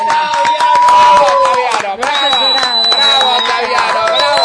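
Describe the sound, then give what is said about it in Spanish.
Loud, continuous applause from a crowd, dense clapping mixed with cheering voices and a few high whistles, steady for the whole stretch. “pero yo quiero que todos juntos, de alguna manera, saquemos desde nuestras entrañas un enorme aplauso”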